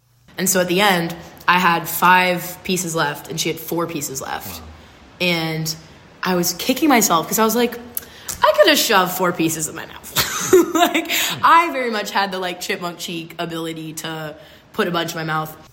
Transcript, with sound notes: And so at the end, I had 5 pieces left and she had 4 pieces left and I was kicking myself because I was like, I could have shoved 4 pieces in my mouth. [laughs] Like, I very much had the chipmunk cheek ability to put a bunch in my mouth.